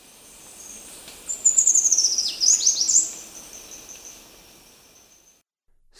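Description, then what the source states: Choco Vireo song: a high, tumbling phrase of quick downslurred notes lasting about two seconds, trailing into a thin fading tone. Recorded in Ecuador.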